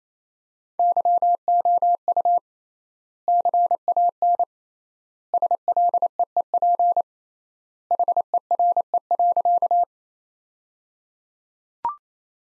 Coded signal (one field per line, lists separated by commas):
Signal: Morse code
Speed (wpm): 28 wpm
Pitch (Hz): 700 Hz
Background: none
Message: YOU CAN SLEEP HERE.